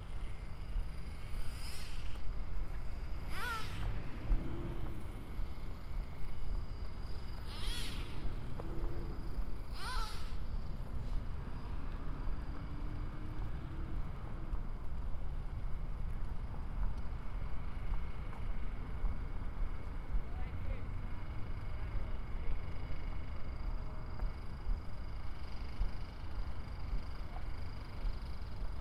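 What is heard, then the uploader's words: A walk down 111th in Corona, with a steady low rumble of traffic running throughout. Short, sharp hissing bursts come at about 2, 3.5, 7.5 and 10 seconds, and faint whining tones from the electronic toy car rise and fall midway. After exiting the train at 111th Street, I walk through down 111th in Corona, then into the park near the Hall of Science where someone is playing with an electronic toy car. Binaural field recording.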